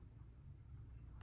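After loading, the cylinder of an Umarex T4E TR50 airsoft revolver is swung back into the frame and turned toward its locked position, where a click signals it is ready to use. Only a low, steady rumble is heard, with a faint brief sound at 1.2 s at the very end. Nothing has seated or clicked yet.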